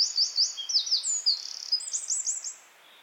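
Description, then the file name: Eurasian wren song: a rapid, high-pitched outpouring of sharp trills and twittering notes, ending with a fast run of looping chirps before going quiet. "Troglodytes troglodytes"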